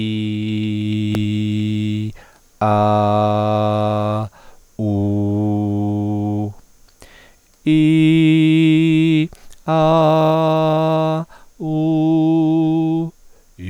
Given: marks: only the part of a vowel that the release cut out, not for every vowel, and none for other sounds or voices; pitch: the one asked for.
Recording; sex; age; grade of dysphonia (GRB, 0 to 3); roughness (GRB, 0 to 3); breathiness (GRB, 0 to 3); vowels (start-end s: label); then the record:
sustained vowels; male; 50 to 59 years; 0; 0; 0
0.00-1.14 s: vowel /i/, normal pitch
2.79-4.04 s: vowel /a/, normal pitch
5.07-6.36 s: vowel /u/, normal pitch
7.80-9.10 s: vowel /i/, high pitch
10.01-11.07 s: vowel /a/, high pitch
11.81-12.94 s: vowel /u/, high pitch
From the record:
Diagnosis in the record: contact pachydermia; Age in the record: 55 years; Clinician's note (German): Rezidiv